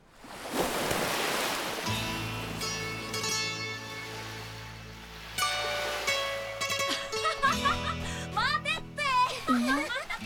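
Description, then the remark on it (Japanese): A broad hiss of ocean surf on a sandy beach rushes in at the start, then lingers softly beneath sustained musical tones, with voices coming in toward the end. “海、砂浜 ね、え、想像するだけで楽しいでしょ。”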